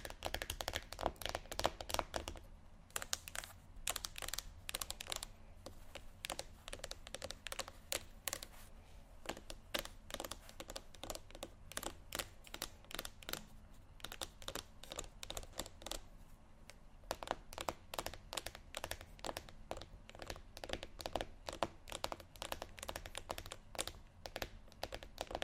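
Rapid tapping continues for the whole stretch as a dense run of sharp, bright clicks, quick and uneven, like fingertips or keys. There are brief thinner gaps around 3 and 17 seconds. A steady low hum sits underneath throughout.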